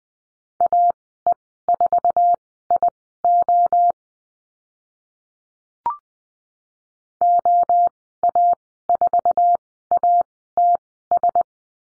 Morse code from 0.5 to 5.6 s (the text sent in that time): AE4IO